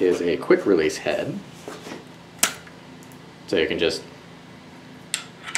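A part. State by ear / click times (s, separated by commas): seated / 5.1 s, 5.6 s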